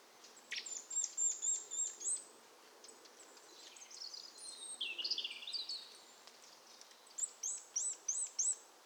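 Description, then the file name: Eurasian nuthatch calls: series of high, sharp repeated notes about three per second, a jumble of descending twittering in the middle, then another rapid series; quiet hiss behind. "Sitta europaea"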